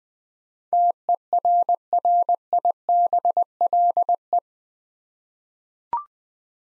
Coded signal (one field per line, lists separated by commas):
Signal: Morse code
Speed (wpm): 20 wpm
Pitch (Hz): 700 Hz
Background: none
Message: TERRIBLE